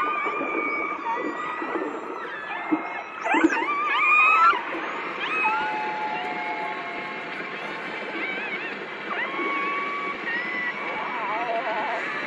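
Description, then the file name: Orca calls: overlapping harmonic squeals and whistles, some sharply upswept, with a louder burst early on, over a steady hiss. "le chant des orques"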